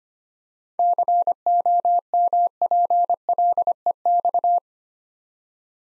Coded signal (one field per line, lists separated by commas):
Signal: Morse code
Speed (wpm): 25 wpm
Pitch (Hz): 700 Hz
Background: none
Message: COMPLEX